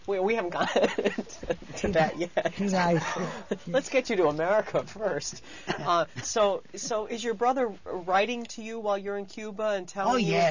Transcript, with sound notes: We haven't gotten to that yet. ( he laughs ) Let's get you to America first. So is your brother writing to you while you're in Cuba, and telling you...